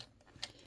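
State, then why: Seated. A plastic chest piece on the torso of a Transformers Studio Series 86 Brawn toy figure is brought up and snapped into place to finish its robot mode. Sharp plastic clicks sound at 0.0 s and 0.4 s over a quiet background. The piece is seated.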